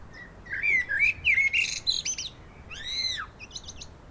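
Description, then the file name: Common blackbird song: clear fluted whistles gliding up and down, a loud arched note, then quick high twittering notes closing the phrase. "Turdus merula"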